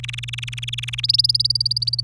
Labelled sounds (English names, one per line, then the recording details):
Domestic Canary song
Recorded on 28 April 2018 at 05:50
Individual llb3